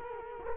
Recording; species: mosquito wingbeat signal from an infrared sensor; Culex quinquefasciatus